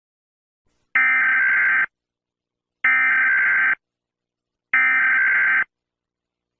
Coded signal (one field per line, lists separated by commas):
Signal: Emergency Alert System (SAME) tones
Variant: header bursts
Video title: 🌈🎨 | Bob Velseb: EAS scenerio #1